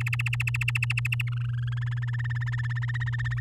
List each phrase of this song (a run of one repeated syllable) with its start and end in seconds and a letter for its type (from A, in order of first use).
0.00-1.29 A, 1.32-2.05 B, 2.08-3.40 C